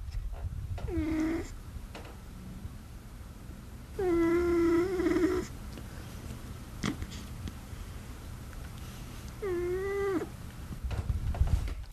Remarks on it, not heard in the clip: The professor is under my desk right now on the chair across from me, and she's snoring. Here's Professor Banana snoring.